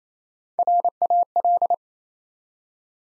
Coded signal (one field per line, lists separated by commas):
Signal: Morse code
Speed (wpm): 29 wpm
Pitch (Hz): 700 Hz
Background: none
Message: RAL